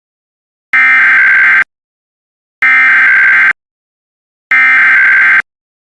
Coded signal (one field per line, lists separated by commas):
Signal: Emergency Alert System (SAME) tones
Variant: header bursts